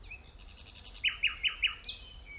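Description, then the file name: Common nightingale song fragment: a thin whistle, then four loud repeated notes, ending in a sharp downslurred note. "Luscinia megarhynchos"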